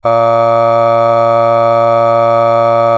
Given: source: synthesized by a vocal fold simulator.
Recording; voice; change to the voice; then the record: sustained vowel; male; aspiration noise (breathiness), level 6 of 10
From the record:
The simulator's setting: 1.07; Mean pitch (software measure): 115 Hz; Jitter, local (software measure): 0.36%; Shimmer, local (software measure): 3.3%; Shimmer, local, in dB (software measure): 0.29 dB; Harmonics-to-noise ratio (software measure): 22.3 dB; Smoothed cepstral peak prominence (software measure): 18.4 dB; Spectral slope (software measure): -17.1 dB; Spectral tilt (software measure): -8.9 dB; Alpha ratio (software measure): -7.6 dB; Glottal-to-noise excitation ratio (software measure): 0.979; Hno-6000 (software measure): 2.3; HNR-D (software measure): 23.3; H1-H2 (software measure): 4.9 dB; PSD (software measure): 2.9e-05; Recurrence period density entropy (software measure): 0.107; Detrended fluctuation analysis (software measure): 0.0544